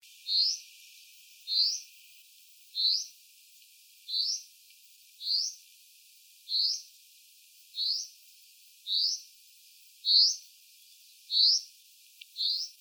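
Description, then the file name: Common chaffinch repeating a brief rising whistle roughly every 1.2 seconds, eleven times in an even series, with faint background hiss. "Fringilla coelebs"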